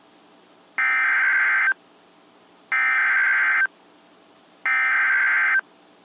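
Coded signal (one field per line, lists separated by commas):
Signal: Emergency Alert System (SAME) tones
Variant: header bursts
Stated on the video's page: Alerts received from stations in Columbus, Butler and Bridgeport, Ohio, and Pittsburgh, Pennsylvania.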